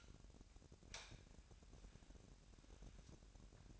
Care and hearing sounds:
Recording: daily activity, microphone in the room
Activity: light on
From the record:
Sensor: 2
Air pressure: 1011.8 hPa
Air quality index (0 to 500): 212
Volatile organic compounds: 3 ppm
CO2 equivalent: 1497 ppm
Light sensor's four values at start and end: 12/27/12/12 and 17/45/18/19

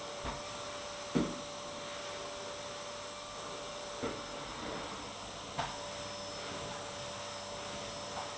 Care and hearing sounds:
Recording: daily activity, microphone in the room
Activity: vacuum cleaning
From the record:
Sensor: 3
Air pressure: 1007.7 hPa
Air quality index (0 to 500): 49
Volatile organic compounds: 1 ppm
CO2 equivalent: 576 ppm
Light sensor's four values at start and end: 9/21/8/8 and 9/20/8/8

